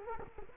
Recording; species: mosquito wingbeat signal from an infrared sensor; Culex quinquefasciatus